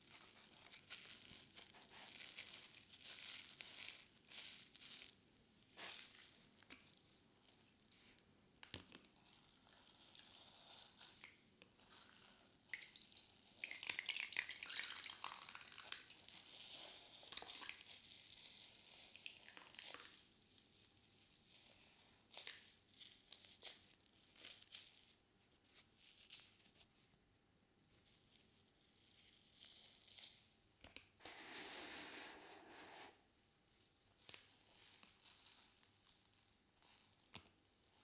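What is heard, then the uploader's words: A soapy sponge is worked with water, giving a steady crackling, fizzing foam sound with scattered wet squelches and clicks throughout. Squeezing grows louder and brighter around 14 to 16 seconds, and a fuller sloshing swell comes near 31 to 33 seconds. ASMR Binaural Sounds Water Soap Sponge.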